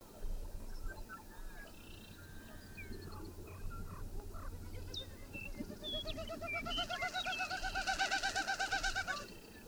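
Bird singing, varied chirps and whistles at first, then a fast repeated series of notes building up over the last few seconds, with a low hum underneath.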